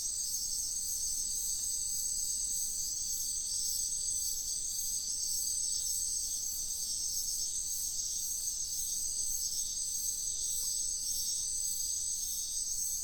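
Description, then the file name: Cricket chorus, a continuous high ringing trill with a regular pulsing beat, steady throughout. Night ambience in a wetland at Sian Ka'an Biosphere Reserve, with crickets calling. "felix blume nature ambience wetland night frogs crickets insects sian kaan biosphere reserve"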